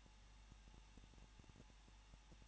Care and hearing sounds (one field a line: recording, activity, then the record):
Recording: daily activity, microphone in the room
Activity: no activity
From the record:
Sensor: 1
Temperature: 20.1 degrees Celsius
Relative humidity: 39.2%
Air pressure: 1006.3 hPa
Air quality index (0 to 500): 218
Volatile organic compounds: 77 ppm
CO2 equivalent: 3580 ppm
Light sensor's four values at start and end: 1/2/1/1 and 1/2/1/1